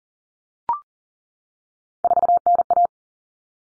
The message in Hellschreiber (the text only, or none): none